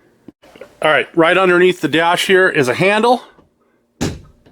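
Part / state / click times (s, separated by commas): hood latch released by a cable handle under the dashboard of a car / released / 4.5 s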